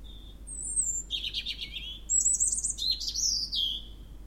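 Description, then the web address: European robin song: a thin high whistle, a fluttering trilled section, then bright, tumbling warbled notes at high pitch. "Spev Vtakov cervienka"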